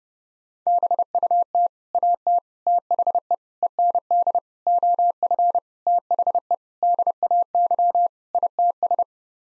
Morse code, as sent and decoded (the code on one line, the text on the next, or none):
-... ..- - / .- - / - .... . / . -. -.. / --- ..-. / - .... . / -.. .- -.-- / .. - ...
BUT AT THE END OF THE DAY ITS